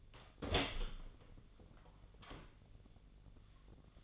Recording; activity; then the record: daily activity, microphone in the room; open door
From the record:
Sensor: 4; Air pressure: 1010.1 hPa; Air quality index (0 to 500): 191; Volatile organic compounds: 3 ppm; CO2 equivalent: 1372 ppm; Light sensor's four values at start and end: 35/85/35/37 and 32/79/33/35